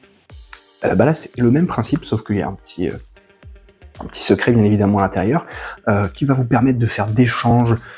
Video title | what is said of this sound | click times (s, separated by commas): REVIEW QUIVER ET QUIVER + | qui s'ouvre et qui se clipse comme ça | 0.5 s